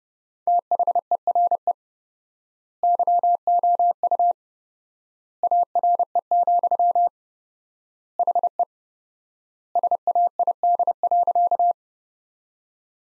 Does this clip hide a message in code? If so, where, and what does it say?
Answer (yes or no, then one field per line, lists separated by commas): yes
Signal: Morse code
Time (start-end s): 0.5-11.7 s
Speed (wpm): 32 wpm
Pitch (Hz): 700 Hz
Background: none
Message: THERE YOU ARE, HE SAID.